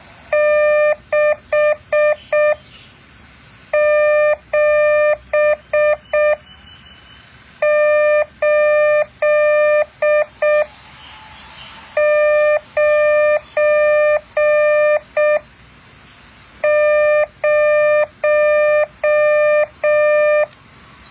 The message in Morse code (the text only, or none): 67890